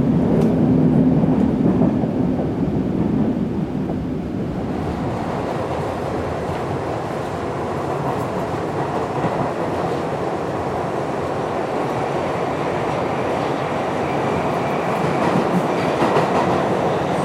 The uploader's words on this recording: Sounds of a subway ride. The gentle vibrations of the tracks beneath you.